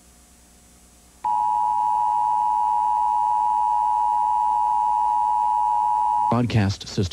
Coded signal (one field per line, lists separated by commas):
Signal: Emergency Alert System (SAME) tones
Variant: 853 and 960 Hz attention tone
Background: speech